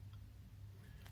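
A metal tri-fold clasp on a five-piece wristwatch bracelet is opened right after being clicked shut, with a low steady hum underneath and a faint tick near 0.1 s. A short, sharp click at 1.1 s marks the clasp releasing, opening very smoothly.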